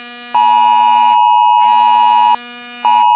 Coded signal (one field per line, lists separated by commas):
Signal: Emergency Alert System (SAME) tones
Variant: 853 and 960 Hz attention tone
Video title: Caillou Creates a Fake Emergency Alert/Grounded/Punishment Day